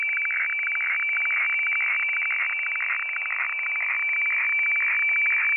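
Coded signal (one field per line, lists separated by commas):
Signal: weather fax (radiofax)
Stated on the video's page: Weather fax from Hamburg, Germany, received in Denmark on an Airspy HF+ SDR.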